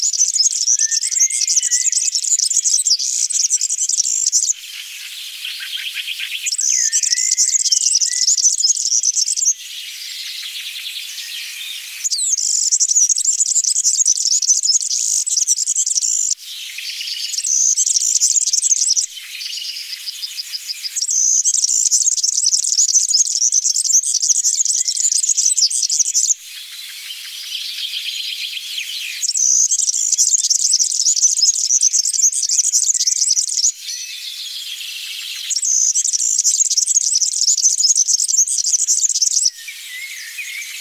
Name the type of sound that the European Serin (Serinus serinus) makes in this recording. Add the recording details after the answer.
song. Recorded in the wild. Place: Oberrotweil am Kaiserstuhl, Baden-Württemberg, DE. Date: 1980-06-14. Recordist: Schwarz, Dieter